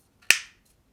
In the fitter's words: and each time it makes a very nice click